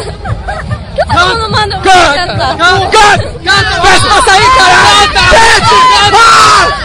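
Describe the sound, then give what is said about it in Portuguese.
A small crowd cheers and shouts together, overlapping voices whooping and yelling in a loud, continuous burst of excited babble that swells throughout. “Olha, conseguimos uma torcida aqui.”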